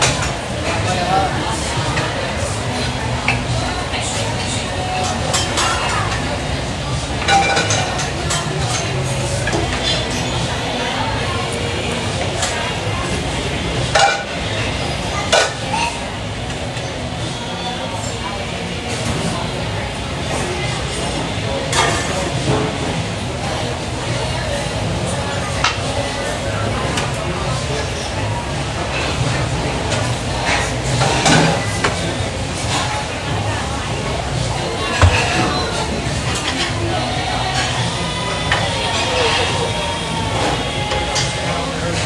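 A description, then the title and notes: Restaurant kitchen sounds at Sunday breakfast in Phoenix, Arizona: a steady, dense wash of chatter and clatter with no pauses. Sharp clinks of dishes and utensils break through every few seconds, louder around 14, 22, 31 and 35 seconds, over a low continuous rumble. Sunday breakfast out in Phoenix, Arizona. The sounds of the kitchen preparing meals, dishes and utensils clanging about, and some light conversation from the cooks. Restaurant sounds.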